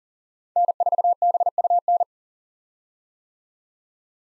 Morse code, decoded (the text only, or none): N4BUN